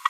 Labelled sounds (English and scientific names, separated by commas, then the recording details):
Green-rumped Parrotlet (Forpus passerinus) babbling
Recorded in a nest box in Venezuela
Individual 18B25A5